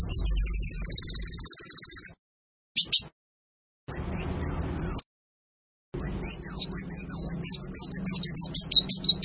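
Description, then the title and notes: Eurasian tree sparrow chirping in high, clear notes: a long run of rapid repeated chirps, then short bursts of sweeping, rising-and-falling chirps separated by silent gaps. Fighting sparrow with long rapid-fire 'nembak panjang' delivery and clear voice; master recording for training birds for song competitions. "GEREJA TARUNG NEMBAK PANJANG SUARA JERNIH MASTERAN WAJIB BURUNG LOMBA. Burung Gereja"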